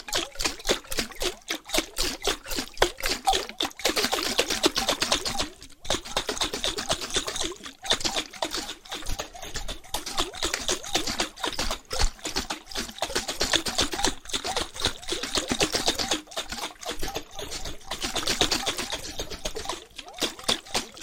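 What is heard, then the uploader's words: Water bottles are shaken and tapped in a dense, fast run of small clicks and crinkles that carries on for the whole stretch. The sound is bright and crisp, coming in quick bursts with short pauses near 2, 5 and 7.5 seconds, then continuing steadily. ASMR Rhythmic Triggers with Waterbottles (Shaking, Tapping) No Talking.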